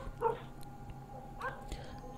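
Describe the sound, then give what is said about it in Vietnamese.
Stray dogs barking from across a field, by the rubbish dump next to the market, as the wind blows strongly: two short, yappy, whining barks about a second apart, fairly faint against a low background hum. “mấy con chó hoang đang sủa nhấm nha nhấm nhặng ở bên kia cánh đồng, chỗ bãi rác bên cạnh chợ.”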